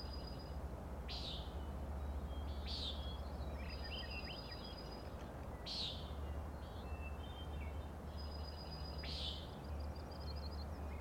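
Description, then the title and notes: Common nighthawk repeating short buzzy peents, four in about eleven seconds, against a dawn chorus of whistling songbirds and a steady low rumble. Peenting calls from up to three birds flying in close formation; Schoodic Head overlook, Acadia National Park, Winter Harbor, Maine; 16 June 2017, 4am. "Common Nighthawks, Schoodic Head 061617 4am. 3 common nighthawks making peenting calls and wings booms but also a rattling noise at the Overlook (410 ft) on Schoodic Head (435 feet) Schoodic division Acadia National Park Winter Harbor, ME"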